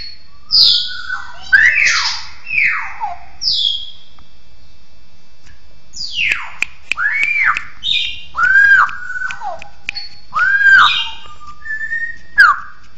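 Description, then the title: Bird song with a varied mix of sliding, buzzy high notes and arched whistles, the phrases coming in quick irregular succession. "SuaraBurung Kicau1"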